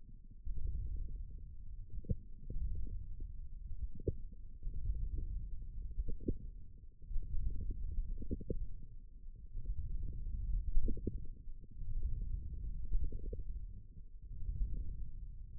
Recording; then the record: forearm muscle sounds (acoustic myography)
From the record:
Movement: wrist flexion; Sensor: system 1, eight BSWA MPA416 microphones around the upper forearm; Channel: 2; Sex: male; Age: 18 years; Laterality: right